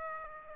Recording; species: mosquito wingbeat signal from an infrared sensor; Aedes aegypti